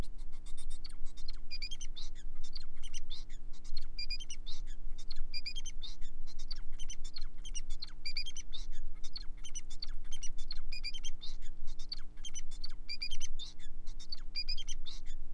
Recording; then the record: song of a male Bengalese finch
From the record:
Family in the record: son of father 4